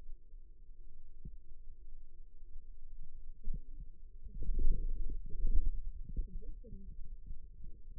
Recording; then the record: forearm muscle sounds (acoustic myography)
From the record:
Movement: radial deviation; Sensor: system 2, bracelet of six BSWA MPA416 microphones around the upper forearm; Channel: 4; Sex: female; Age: 21 years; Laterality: right